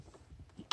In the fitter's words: You'll hear the clicks.